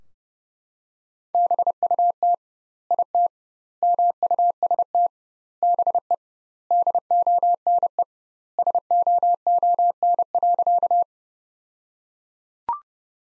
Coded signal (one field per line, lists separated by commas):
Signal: Morse code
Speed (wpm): 30 wpm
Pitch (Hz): 700 Hz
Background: none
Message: BUT IT MUST BE DONE SOON.